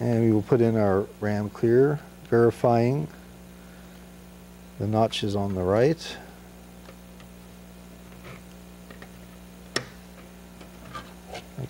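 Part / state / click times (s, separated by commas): memory chip into a logic board socket / seated / 9.8 s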